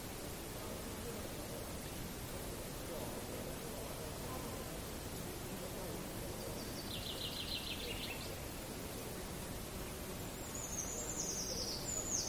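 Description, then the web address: Eurasian treecreeper giving a thin, very high descending trill near the end, with a fainter trilled phrase midway, over steady low background rumble. "linnut puukiipija"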